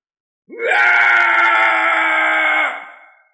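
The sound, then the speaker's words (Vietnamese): A single long, loud scream from afar in a mountain range that swoops up at the start, holds a steady, piercing pitch for about two seconds, then trails away; the whole mountain range shakes. No talking. “Phía xa truyền đến một tiếng thét dài, khắp cả dãy núi đều rung chuyển.”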